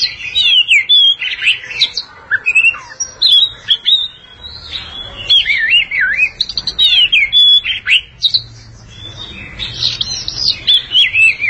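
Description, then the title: Oriental magpie-robin delivering loud, varied song of looping whistled notes and rapid warbles, phrases following closely with a short quieter gap partway through. Long-duration song. "Kacer Durasi Panjang"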